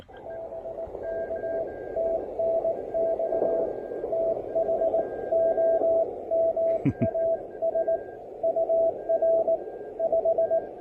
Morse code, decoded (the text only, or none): BK TNX THOMAS UR 5